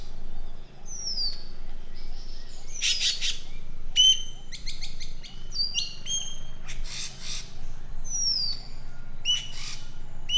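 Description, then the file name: Green magpie calls: shrill whistled notes slurring downward, mixed with harsh, broad rasping bursts and quick stuttered clicks, repeated throughout over a low steady background hum. "suara burung ekek layongan atau cissa chinensis"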